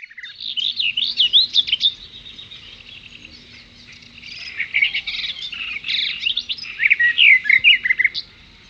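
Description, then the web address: Birds calling at water: a dense flurry of high chirps and warbled twitters, bursting and fading in waves, with a faint steady low hum beneath. "best service Blue Box birds birds in at water"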